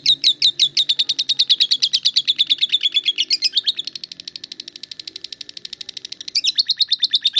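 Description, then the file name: Lovebird song: a long run of rapid, high, scratchy chirps, shifting into a faster buzzy chatter before the quick chirps return. "audio lovebird star melinda omkicau"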